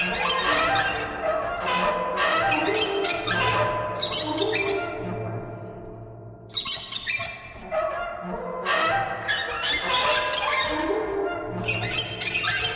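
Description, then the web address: Bird squawks, harsh and squeaky, in repeated bursts of descending notes with short quiet gaps, over a steady low hum. "soundfactory birds"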